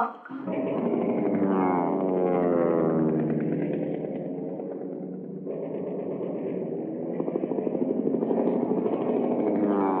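A loud, steady drone of many propeller airplanes crossing the sky around noon, one of them, commanded by Noriega, dropping the first bomb at 12:40; their throbbing tones rise and shift slightly as they pass, with no voices.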